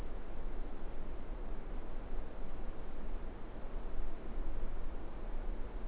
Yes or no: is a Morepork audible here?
no